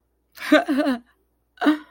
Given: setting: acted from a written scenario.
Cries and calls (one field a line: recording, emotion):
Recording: vocal sound without words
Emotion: amusement